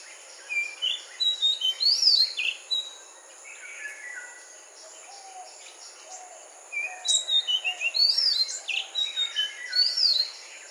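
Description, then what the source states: Magpie-robin singing varied whistled and chirping phrases in two bouts separated by a quieter pause, with other birds calling softly in the background and a steady high hiss. Singing during a morning chorus.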